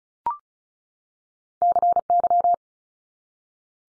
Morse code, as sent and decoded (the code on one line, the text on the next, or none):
-.-. -.--
CY